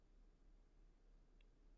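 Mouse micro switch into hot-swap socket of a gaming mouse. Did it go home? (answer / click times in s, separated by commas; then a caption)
no / none. A replacement three- or six-pin micro switch is handled and lined up with the socket holes in the plastic hot-swap board of a gaming mouse, ready to be pushed down. A steady low hum runs throughout, with only a faint, brief high tick near 1.4 s. Nothing has seated or clicked yet.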